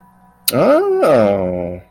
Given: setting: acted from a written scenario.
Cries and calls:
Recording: vocal sound without words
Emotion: interest

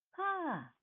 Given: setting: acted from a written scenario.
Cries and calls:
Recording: vocal sound without words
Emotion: elation

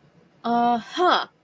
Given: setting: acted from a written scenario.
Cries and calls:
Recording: vocal sound without words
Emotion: realization

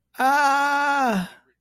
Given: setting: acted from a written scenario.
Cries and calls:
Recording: vocal sound without words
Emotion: distress

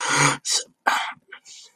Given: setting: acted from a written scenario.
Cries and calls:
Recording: vocal sound without words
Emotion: distress

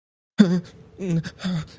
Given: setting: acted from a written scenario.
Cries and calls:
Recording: vocal sound without words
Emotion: distress

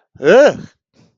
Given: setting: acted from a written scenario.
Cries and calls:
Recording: vocal sound without words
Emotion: fear

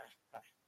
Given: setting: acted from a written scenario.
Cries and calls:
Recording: vocal sound without words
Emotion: contempt

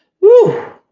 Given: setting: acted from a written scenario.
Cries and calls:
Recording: vocal sound without words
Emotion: relief

